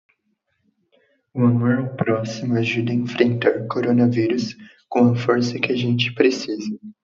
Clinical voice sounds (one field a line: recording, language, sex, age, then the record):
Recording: spoken sentence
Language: Brazilian Portuguese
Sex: male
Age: 18 to 19 years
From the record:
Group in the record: control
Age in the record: 18 years